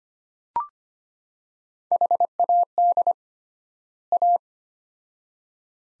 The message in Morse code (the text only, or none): HAD A